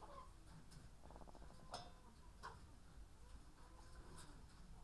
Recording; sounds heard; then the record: poultry house recording; sick chickens (respiratory disease)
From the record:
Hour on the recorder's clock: 14